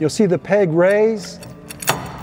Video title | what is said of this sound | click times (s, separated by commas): Airstream Blue Ox SwayPro Installation and Removal | you may hear it snap in place once it's in the down position the bar is locked in place | 1.7 s, 1.8 s